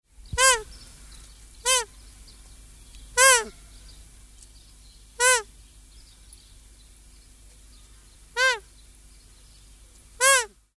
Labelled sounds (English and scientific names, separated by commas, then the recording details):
Magpie Goose (Anseranas semipalmata)
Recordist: Tembrock, Günter
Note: Rufe